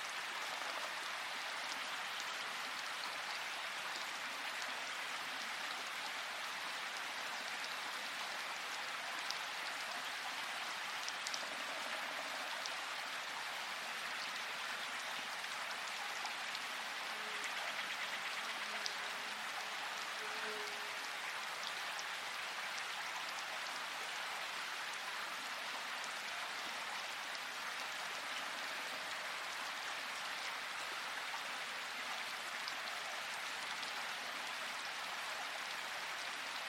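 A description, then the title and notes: Rain falls steadily on leaves in a forest, a dense, even hiss of countless drops with no pauses across the clip. The patter sits mostly in the bright middle range, with faint low murmurs and a few slightly louder drips now and then. Rainy Day In A Tropical Forest. The soothing sounds of rain falling on the leaves and the gentle rustling of the trees. The gentle pitter-patter of the raindrops.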